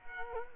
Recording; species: mosquito wingbeat signal from an infrared sensor; Culex quinquefasciatus